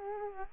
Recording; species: mosquito wingbeat signal from an infrared sensor; Culex quinquefasciatus